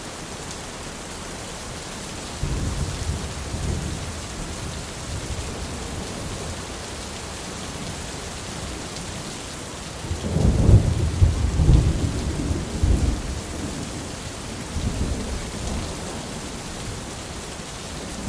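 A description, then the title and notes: A thunderstorm with steady rain hissing throughout, a dense even patter. Deep thunder rumbles roll in around two and a half seconds, swell most strongly near ten to thirteen seconds, and return more softly around fifteen seconds, low and heavy under the rain. 8 Hours of Thunderstorm Rain.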